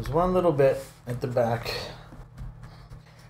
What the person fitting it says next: doesn't quite want to snap in place there